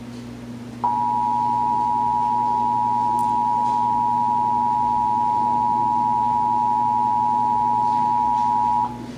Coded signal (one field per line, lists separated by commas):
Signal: Emergency Alert System (SAME) tones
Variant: 853 and 960 Hz attention tone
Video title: (EAS #633-641) May 2024 Texas Required Monthly Test